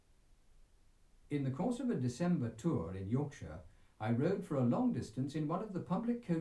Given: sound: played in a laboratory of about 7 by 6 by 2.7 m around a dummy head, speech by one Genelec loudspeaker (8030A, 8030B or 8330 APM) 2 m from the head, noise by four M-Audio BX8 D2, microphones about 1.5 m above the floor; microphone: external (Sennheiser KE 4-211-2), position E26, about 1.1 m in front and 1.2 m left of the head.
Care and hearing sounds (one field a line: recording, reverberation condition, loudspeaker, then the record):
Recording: male speech in English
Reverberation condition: low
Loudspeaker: 60 degrees to the right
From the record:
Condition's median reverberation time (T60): about 310 ms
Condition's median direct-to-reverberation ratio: about 3.5 dB